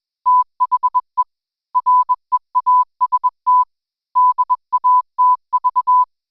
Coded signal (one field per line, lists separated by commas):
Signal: Morse code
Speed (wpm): 21 wpm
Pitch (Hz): 1000 Hz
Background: none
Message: THE REAST DATV